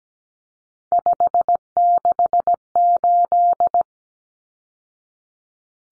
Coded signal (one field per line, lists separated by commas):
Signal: Morse code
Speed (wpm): 17 wpm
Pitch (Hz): 700 Hz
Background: none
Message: 568